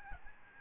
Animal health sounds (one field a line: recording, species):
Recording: mosquito wingbeat signal from an infrared sensor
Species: Aedes albopictus